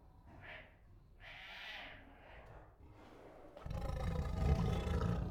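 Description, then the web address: Tiger giving a few soft breathy sounds, then a loud, rough, low growl in the final seconds. Restless tigers giving growls, huffs, moans and roars. "Sound Ideas Tigers. Restless with Growls, Huffs, Moans and Roars"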